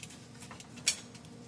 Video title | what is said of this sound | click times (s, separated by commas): Compressor change out | Heard it click on there. That's great. Wonderful. | 0.9 s